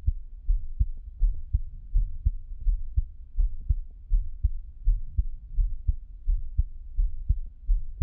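Steady, deep thumping heartbeat at about 83 beats per minute, with a soft low hum underneath.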